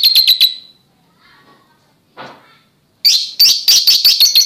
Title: Kicau Kacer